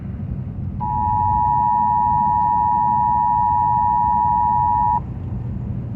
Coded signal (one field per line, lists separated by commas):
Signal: Emergency Alert System (SAME) tones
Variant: 853 and 960 Hz attention tone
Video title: Required Monthly EAS Test on WCCO - March 1, 2023